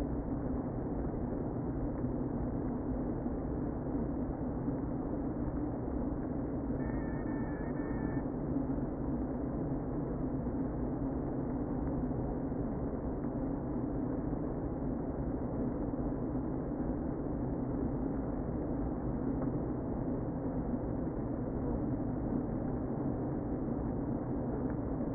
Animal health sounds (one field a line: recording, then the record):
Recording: honeybee colony, microphone inside the hive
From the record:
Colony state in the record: queen present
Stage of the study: before two queens were removed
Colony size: about 60,000 bees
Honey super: yes